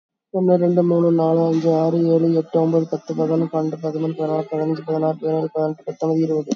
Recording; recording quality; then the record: counting at a fast pace; excellent, no background noise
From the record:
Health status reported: COVID-19 positive, moderate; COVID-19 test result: positive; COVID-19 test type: RT-PCR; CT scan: not taken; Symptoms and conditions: cough, cold, breathing difficulty, sore throat, fever, fatigue, muscle pain, loss of smell and taste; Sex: female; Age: 46 years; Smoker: no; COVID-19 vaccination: both doses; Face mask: worn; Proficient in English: yes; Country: India